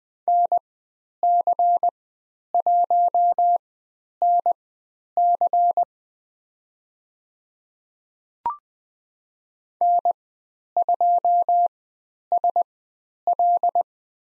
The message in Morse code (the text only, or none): NC1NC N2SL